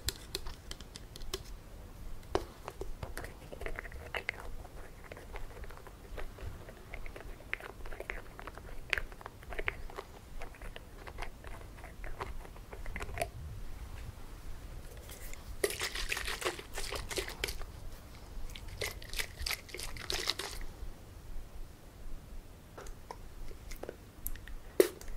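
Hair being combed and scratched in a head massage: dense, irregular crackly scratches throughout, with brighter bursts of rapid strokes around 15 and 20 seconds.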